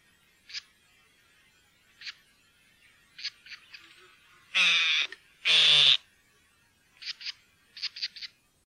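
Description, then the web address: Great grey shrike calling with scattered short dry notes, two long rasping screeches in the middle, then quick chattering pairs and triplets. "fuglelyder- varsler"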